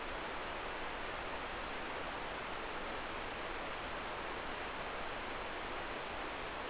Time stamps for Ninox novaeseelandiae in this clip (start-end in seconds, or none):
none